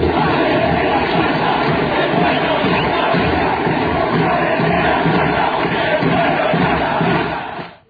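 A large crowd at a rally chants "Madres de la plaza, el pueblo las abraza" in unison, a loud, dense roar of many voices holding a steady rhythmic cadence throughout before fading out at the end.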